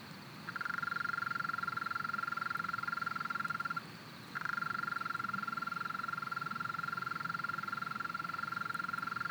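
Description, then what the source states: European mole cricket churring song, a steady trill broken by one short pause, then resuming. Small population in a flooded alpine pasture at 1250 m, Le Villard, Drôme, France, 3 May 2020, heard every year at this period; recorded in stereo on Nagra Seven with MKH40 microphone.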